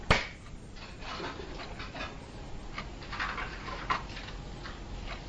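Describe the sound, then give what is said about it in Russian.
A single light hand clap snaps at the very start, short and crisp, then fades into a low, steady background hiss with faint scattered rustles. “потом берет вот так, между вот этими двумя и вот этими двумя большой палец, вот левую руку так, и он слегка хлопает так.”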